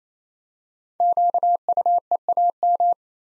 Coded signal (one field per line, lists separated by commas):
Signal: Morse code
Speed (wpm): 27 wpm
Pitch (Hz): 700 Hz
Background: none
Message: QUEAM